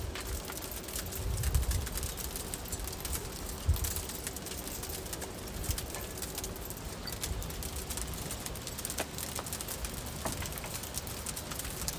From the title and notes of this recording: The Sound of Hail. Freshly fallen hail on November 30th 2020 in Groningen, Netherlands.